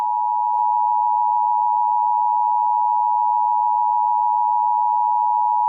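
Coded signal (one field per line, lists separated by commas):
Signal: Emergency Alert System (SAME) tones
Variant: 853 and 960 Hz attention tone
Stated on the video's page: Fictional EAS scenario about a storm from a game.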